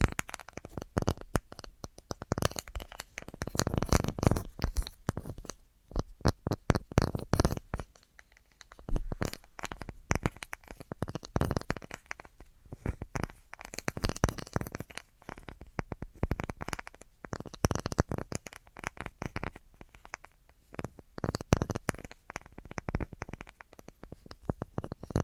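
Tapping sounds come in quick, uneven bursts of sharp clicks and knocks, dense for stretches and then thinning into short pauses, as around eight seconds in. The taps vary in weight from dull thuds to crisp ticks, with occasional crinkling between them.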